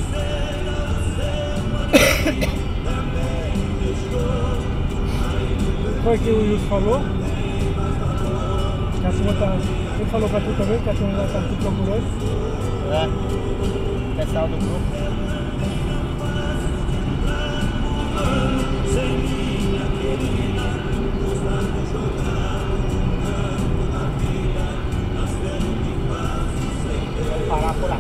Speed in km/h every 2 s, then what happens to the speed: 44, 45, 47, 48, 46, 47, 49, 51, 52, 53, 53, 50, 49, 50.
0-28 speeds up to 50.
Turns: none.